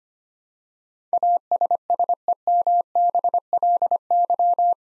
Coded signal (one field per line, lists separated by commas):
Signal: Morse code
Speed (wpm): 25 wpm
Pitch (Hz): 700 Hz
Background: none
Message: ASSEMBLY